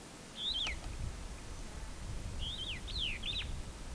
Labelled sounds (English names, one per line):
Superb Starling flight call